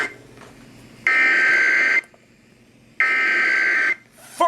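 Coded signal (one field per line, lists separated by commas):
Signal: Emergency Alert System (SAME) tones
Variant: header bursts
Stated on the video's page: Real EAS alerts received over a month, mostly tests.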